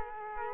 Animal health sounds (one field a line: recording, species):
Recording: mosquito wingbeat signal from an infrared sensor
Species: Culex quinquefasciatus